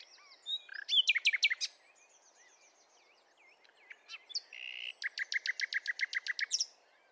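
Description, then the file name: Common nightingale song: a loud cluster of sharp chirps, soft twisting whistled notes, a brief buzz, then a rapid even run of about a dozen sharp repeated notes, low hiss behind. "Luscinia megarhynchos"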